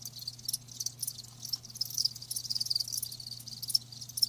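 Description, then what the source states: Crickets give soft high trills in short pulsing bursts over a faint steady low hum. Live crickets chirping, a lulling song.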